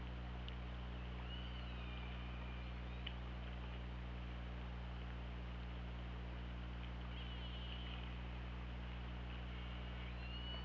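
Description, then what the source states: Orca calls, several thin tonal sweeps and short wavering whistles spread throughout, heard over a constant low droning hum and hiss. Captured on an OrcaLab underwater hydrophone, 24 August 2017 at 21:12:22.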